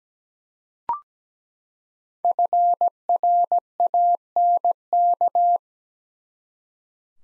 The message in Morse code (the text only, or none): FRANK